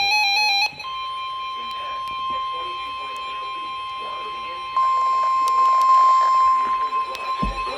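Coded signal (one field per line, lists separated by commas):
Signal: Emergency Alert System (SAME) tones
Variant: 1050 Hz attention tone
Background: speech, music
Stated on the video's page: NOAA weather radio double flood warning from the National Weather Service.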